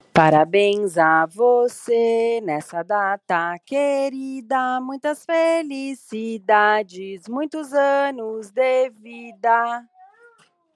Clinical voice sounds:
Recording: short text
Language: Brazilian Portuguese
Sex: female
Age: 40 to 49 years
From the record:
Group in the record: control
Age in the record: 41 years

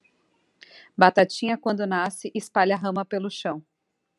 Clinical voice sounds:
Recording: short text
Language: Brazilian Portuguese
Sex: female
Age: 30 to 39 years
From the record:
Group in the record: control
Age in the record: 36 years

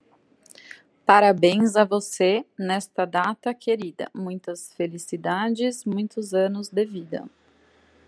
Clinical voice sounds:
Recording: short text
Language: Brazilian Portuguese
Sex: female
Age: 30 to 39 years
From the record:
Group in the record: control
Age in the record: 35 years

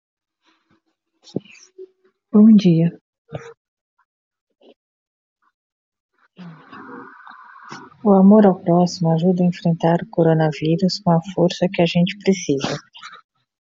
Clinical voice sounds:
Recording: spoken sentence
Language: Brazilian Portuguese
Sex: female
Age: 40 to 49 years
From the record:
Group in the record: control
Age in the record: 48 years

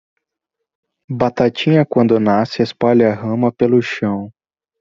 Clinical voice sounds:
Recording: short text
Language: Brazilian Portuguese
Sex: male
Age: 20 to 29 years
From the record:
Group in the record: control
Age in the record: 24 years

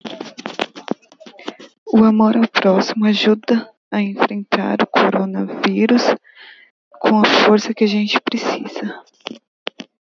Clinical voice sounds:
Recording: spoken sentence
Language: Brazilian Portuguese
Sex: female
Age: 20 to 29 years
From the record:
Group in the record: control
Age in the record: 29 years

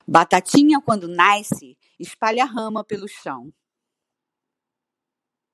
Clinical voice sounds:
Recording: short text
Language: Brazilian Portuguese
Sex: female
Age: 50 to 59 years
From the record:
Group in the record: control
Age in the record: 56 years

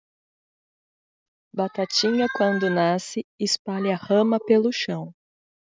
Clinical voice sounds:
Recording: short text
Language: Brazilian Portuguese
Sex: female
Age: 30 to 39 years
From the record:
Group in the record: control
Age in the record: 38 years

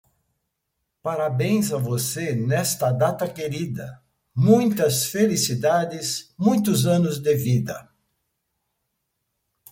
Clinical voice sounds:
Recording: short text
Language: Brazilian Portuguese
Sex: male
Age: 70 to 79 years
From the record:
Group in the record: control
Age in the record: 70 years

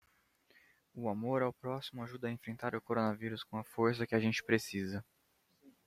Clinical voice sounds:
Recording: spoken sentence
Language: Brazilian Portuguese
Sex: male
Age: 20 to 29 years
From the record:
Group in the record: control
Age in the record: 24 years

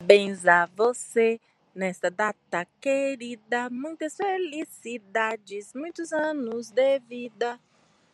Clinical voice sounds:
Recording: short text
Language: Brazilian Portuguese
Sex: female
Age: 40 to 49 years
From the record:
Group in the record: control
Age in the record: 47 years

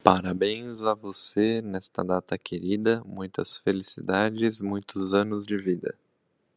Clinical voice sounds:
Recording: short text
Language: Brazilian Portuguese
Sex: male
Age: 30 to 39 years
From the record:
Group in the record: control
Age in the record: 31 years

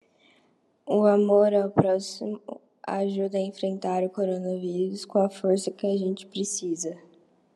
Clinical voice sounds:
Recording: spoken sentence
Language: Brazilian Portuguese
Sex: female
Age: 20 to 29 years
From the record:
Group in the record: control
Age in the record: 23 years

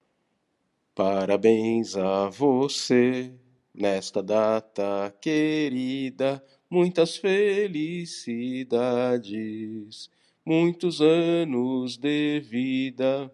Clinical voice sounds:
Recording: short text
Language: Brazilian Portuguese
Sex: male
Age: 50 to 59 years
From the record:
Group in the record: control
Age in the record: 52 years

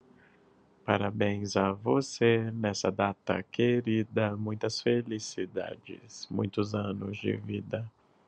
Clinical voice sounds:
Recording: short text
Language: Brazilian Portuguese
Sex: male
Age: 30 to 39 years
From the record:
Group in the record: control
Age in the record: 32 years

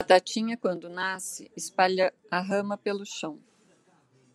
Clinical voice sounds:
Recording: short text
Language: Brazilian Portuguese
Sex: female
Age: 50 to 59 years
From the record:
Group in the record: control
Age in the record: 55 years

